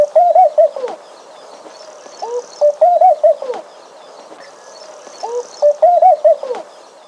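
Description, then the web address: Laughing dove display song, a soft bubbling phrase of low, rolling coos that rise and fall, repeated three times about every three seconds. Male giving display. "Laughing Dove"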